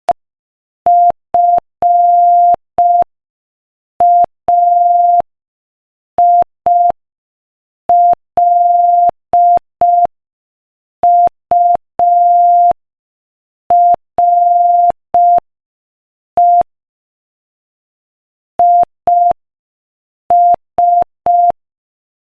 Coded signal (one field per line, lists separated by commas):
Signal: Morse code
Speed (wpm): 5 wpm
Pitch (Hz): 700 Hz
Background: none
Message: FAILURE IS